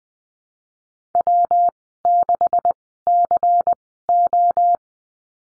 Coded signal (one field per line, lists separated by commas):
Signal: Morse code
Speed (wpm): 20 wpm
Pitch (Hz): 700 Hz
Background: none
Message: W6CO